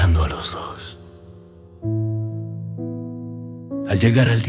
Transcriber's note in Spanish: voz masculina grave, tono reflexivo, lectura pausada y meditativa